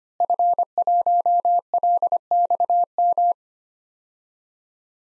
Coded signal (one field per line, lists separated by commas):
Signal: Morse code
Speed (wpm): 25 wpm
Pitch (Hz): 700 Hz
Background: none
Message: F1LXM